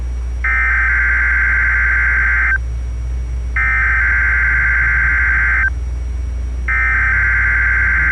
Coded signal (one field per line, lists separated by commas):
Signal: Emergency Alert System (SAME) tones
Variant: header bursts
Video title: 2/21/24 WXL51 Required Weekly Test (EAS #4) (With Recreation)